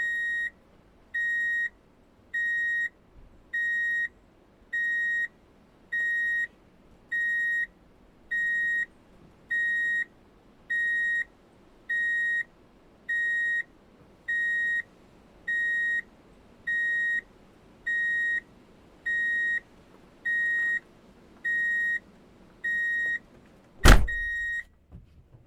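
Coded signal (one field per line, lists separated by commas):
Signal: none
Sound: vehicle reversing warning beeps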